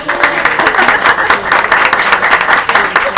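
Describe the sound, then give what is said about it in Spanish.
A crowd applauds steadily to vote for a discussion topic, many hands clapping in a dense, even wash of sound that holds at a constant loudness for a few seconds. “Aplausómetro.”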